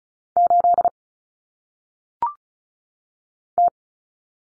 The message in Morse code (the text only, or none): 8 T